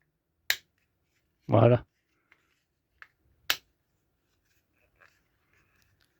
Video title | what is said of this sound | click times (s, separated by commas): 49 50 Ferrari330 | Ça se clipse. | 0.5 s